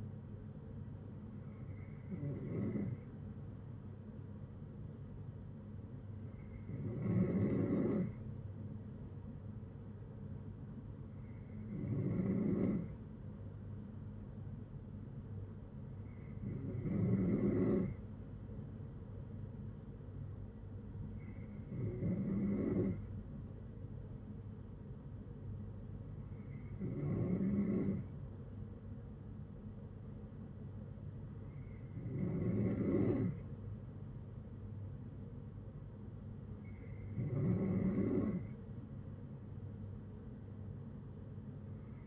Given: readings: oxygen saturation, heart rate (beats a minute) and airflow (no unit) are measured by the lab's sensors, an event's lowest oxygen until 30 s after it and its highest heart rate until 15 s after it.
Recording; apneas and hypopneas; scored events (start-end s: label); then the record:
breathing in sleep by a smartphone at the bedside; none
14.00-42.07 s: new sleep stage, N3 (deep sleep)
From the record:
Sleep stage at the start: N2 (light sleep); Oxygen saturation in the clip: 93 to 94%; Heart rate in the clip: 59 to 63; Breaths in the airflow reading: 8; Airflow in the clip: -7.6 to 5.2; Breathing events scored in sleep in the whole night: 182 in 7.4 hours asleep